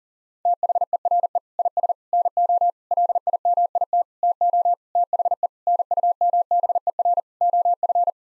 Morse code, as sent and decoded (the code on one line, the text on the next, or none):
- .... . .-. . / .. ... / -. --- / .-.. .. -- .. - / - --- / - .... . / -. ..- -- -... . .-. / --- ..-.
THERE IS NO LIMIT TO THE NUMBER OF